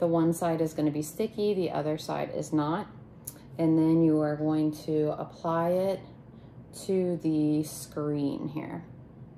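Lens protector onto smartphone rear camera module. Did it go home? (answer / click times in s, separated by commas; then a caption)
no / none. Someone talks while handling a KROBOTT glass camera lens protector from a 3-pack, made for the iPhone 13 Pro and iPhone 13 Pro Max, peeled from its backing with one side sticky, to be pressed over the phone's rear camera lens bump. Only speech is heard, with quiet pauses between phrases. The protector has not yet seated or clicked into place.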